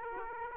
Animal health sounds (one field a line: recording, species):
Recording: mosquito wingbeat signal from an infrared sensor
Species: Aedes aegypti